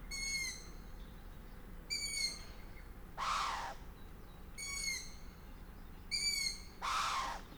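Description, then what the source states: Long-eared owl calls: four thin squeaky notes with falling tails and two loud rushing hisses. Food delivery, with various calls of the male, the female and the juveniles.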